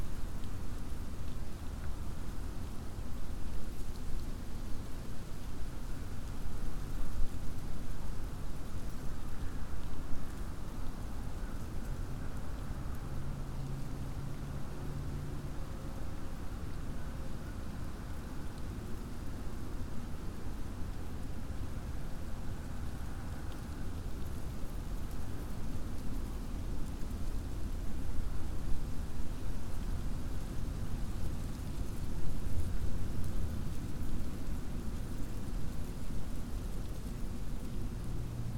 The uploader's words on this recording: Elkhart Bog Nature Preserve. Windy day in a freshly burned oak stand. Mixed audio mono due to the right microphone peaking due to the wind. Constant distant traffic due to proximity to Interstate 80/90.